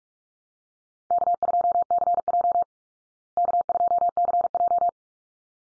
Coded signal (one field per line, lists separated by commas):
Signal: Morse code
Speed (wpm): 44 wpm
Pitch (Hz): 700 Hz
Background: none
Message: K2CJ K2CJ